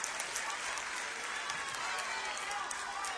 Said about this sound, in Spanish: Y quiero que uno de los primeros aplausos fuertes de esta noche sean para los chicos de la banda que me acompañan y para todo mi equipo.